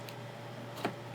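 A GTX 1050 Ti graphics card is pushed down into a motherboard's PCIe slot until the slot's retention latch clicks. Two sharp clicks come at 0.1 s and 0.9 s over a steady low hum. The card is confirmed seated.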